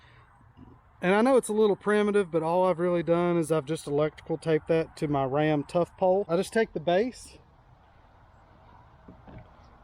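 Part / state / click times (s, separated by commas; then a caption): camera mount base into kayak mount adapter post / not seated / none. A camera mount base is lined up with a RAM kayak mount adapter post on a pole wrapped in electrical tape, ready to be pushed in. Someone talks over faint background noise, and the base has not clicked or seated yet.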